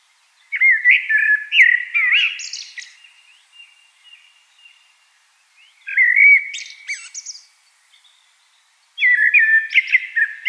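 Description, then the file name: Common blackbird song: three mellow warbled phrases separated by pauses, the first two ending in a brief scratchy high twitter. "Turdus merula"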